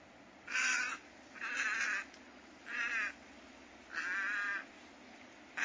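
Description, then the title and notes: Tricolored heron calls: four grating, nasal squawks spaced about a second apart. Merritt Island National Wildlife Refuge near Titusville, Florida. "The post Tricolor Heron appeared first on Laura Meyers Photograpy"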